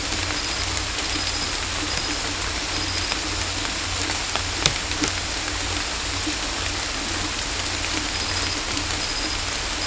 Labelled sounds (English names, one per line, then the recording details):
none
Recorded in dense forest near Puerto Asís, Putumayo, Colombia, on 18 December 2024 at 23:30
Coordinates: 0.503, -76.323
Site G043